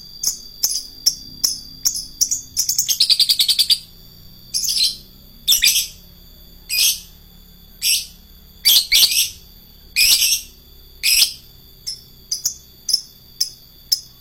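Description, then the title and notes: Lovebird song of shrill, buzzy high-pitched chirps in irregular short bursts, with a rapid chattering run early on. Adult fighter-type lovebird. "LOVEBIRD FIGTER. Lovebird Dewasa"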